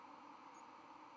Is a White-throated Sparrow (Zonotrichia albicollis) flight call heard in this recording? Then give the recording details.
no. Another species' flight call is heard. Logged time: 03:52 on 31 October 2014